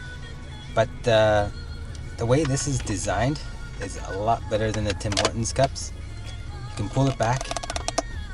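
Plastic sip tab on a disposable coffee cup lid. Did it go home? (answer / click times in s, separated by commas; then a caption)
yes / 7.9 s, 8.0 s. Someone talks while pulling back the plastic drink-through sip tab on a disposable coffee cup lid and folding it into its holding slot. Sharp plastic clicks at 7.9 s and 8.0 s mark the tab popping into place, where it is seated and holds well.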